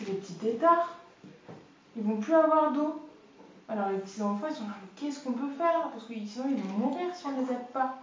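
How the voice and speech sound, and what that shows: An adult woman, a speech therapist, speaking French with typical adult speech: clear, fluent voiced phrases separated by short pauses.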